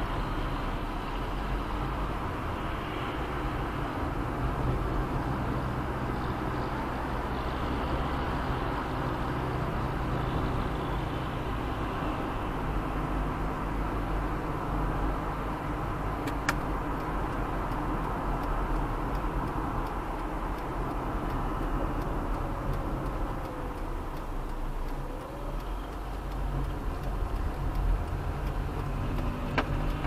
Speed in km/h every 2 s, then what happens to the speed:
41, 42, 44, 47, 51, 53, 54, 51, 50, 48, 44, 38, 28, 23, 21.
0-13 speeds up to 54. 13-30 slows to 21.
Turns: none.